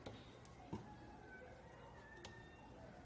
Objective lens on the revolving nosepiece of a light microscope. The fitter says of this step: can actually hear it click into place each time